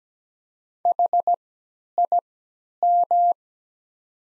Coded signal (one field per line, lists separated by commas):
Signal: Morse code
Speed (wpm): 17 wpm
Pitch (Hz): 700 Hz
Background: none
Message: HIM